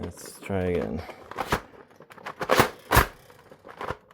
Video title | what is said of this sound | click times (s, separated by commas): Unboxing & Quick Demo: Telescoping Foldable Telescopic Stool 5.0 | Okay, I yanked it harder, and then it jumped into place. | 2.4 s